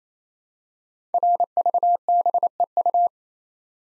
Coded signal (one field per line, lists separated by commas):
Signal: Morse code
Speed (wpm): 28 wpm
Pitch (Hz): 700 Hz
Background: none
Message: RVBEU